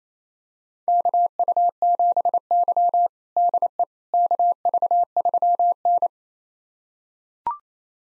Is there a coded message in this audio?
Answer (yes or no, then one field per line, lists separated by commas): yes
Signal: Morse code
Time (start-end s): 0.9-6.1 s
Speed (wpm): 28 wpm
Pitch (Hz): 700 Hz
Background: none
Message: KU7Y DE KV3N